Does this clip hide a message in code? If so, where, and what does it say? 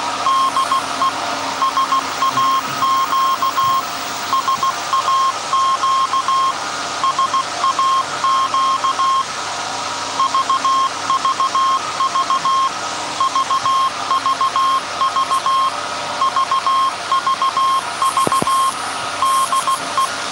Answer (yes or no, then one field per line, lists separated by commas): yes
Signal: Morse code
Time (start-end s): 0.3-20.1 s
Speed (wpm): 16 wpm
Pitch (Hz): 1070 Hz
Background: none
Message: DE SAQ SAQ SAQ VVV VVV VVV DE